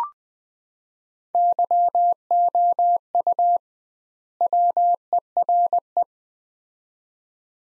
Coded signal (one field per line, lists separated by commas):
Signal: Morse code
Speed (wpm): 20 wpm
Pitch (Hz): 700 Hz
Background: none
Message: YOU WERE